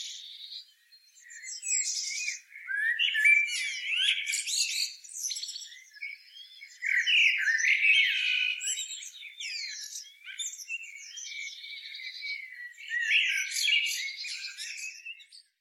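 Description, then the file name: Common blackbird making scratchy, squeaking and whistled call notes in irregular bursts. "Turdus merula"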